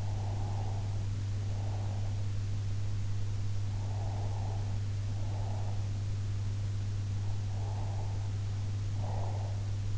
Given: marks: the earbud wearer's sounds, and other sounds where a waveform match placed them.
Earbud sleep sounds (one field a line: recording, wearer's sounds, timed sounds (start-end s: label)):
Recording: sounds in sleep by an in-ear microphone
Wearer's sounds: breath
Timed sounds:
0.00-2.17 s: breath
3.83-5.86 s: breath
7.62-9.64 s: breath